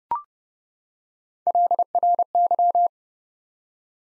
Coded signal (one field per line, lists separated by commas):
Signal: Morse code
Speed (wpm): 30 wpm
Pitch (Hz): 700 Hz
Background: none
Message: LRY